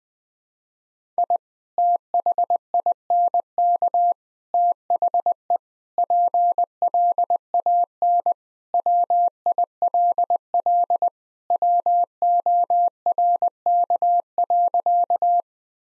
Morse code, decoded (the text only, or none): I THINK THE PLAN WILL WORK.